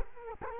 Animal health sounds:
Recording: mosquito wingbeat signal from an infrared sensor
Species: Culex quinquefasciatus

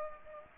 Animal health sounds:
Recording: mosquito wingbeat signal from an infrared sensor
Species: Aedes aegypti

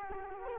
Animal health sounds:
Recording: mosquito wingbeat signal from an infrared sensor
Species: Culex quinquefasciatus

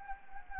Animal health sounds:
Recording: mosquito wingbeat signal from an infrared sensor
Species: Anopheles gambiae

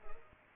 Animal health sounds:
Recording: mosquito wingbeat signal from an infrared sensor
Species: Culex pipiens

